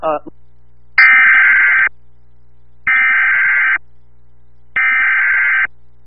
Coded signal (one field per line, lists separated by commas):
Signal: Emergency Alert System (SAME) tones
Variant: header bursts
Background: speech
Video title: EAS Tornado Warning including Downtown Pella Iowa NOAA Weather Radio